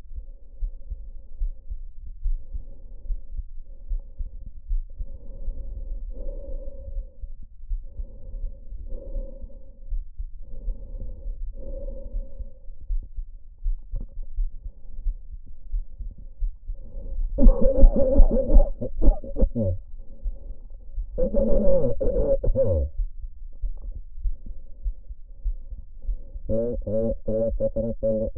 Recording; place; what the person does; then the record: lung sounds by stethoscope; trachea; quiet breathing, then cough and speech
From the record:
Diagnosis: none (healthy); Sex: male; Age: 45 years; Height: 173 cm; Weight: 92 kg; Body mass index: 30.7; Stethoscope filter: diaphragm mode